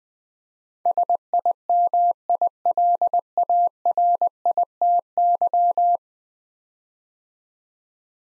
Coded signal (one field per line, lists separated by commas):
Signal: Morse code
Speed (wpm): 21 wpm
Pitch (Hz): 700 Hz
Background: none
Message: SIMILARITY